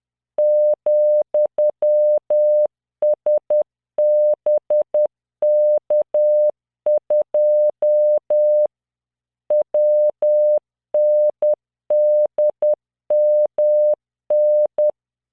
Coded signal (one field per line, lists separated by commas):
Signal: Morse code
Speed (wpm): 10 wpm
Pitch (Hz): 600 Hz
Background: none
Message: ,SBK2 WNDMN